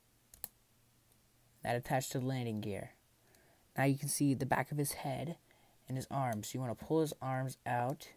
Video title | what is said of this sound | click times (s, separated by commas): (DOTM) Transformers Starscream #14 | down underneath the robot pull this out until you hear a click that | 0.3 s, 0.4 s